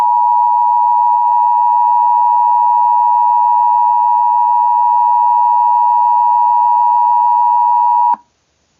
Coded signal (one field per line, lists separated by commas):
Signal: Emergency Alert System (SAME) tones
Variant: 853 and 960 Hz attention tone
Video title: EAS Scenario #4: Titaniboa (read desc)